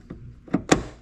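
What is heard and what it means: The bottom end of a gas lift strut for the rear engine deck lid of a Porsche 911 991 Carrera S is pressed by hand onto its ball stud. A faint tap at 0.1 s and a louder knock at 0.5 s come before a sharp, bright snap at 0.7 s that rings briefly. The strut's socket snaps on and is seated at 0.7 s.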